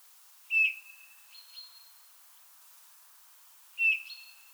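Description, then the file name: Eurasian bullfinch giving two soft piping whistles separated by a pause, with fainter notes between them. "Pyrrhula pyrrhula"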